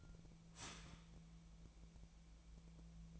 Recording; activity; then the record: daily activity, microphone in the room; start toaster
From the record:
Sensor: 1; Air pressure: 1000.3 hPa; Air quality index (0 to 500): 158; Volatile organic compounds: 3 ppm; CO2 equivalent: 1475 ppm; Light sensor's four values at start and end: 28/69/29/35 and 28/69/29/35